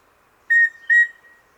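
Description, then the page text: Rufous-breasted antthrush song: two clear whistled notes on one steady pitch, a short gap apart, over a quiet background. "Andrew Spencer - Рыжегрудая питтоподобная муравьеловка (Formicarius rufipectus)"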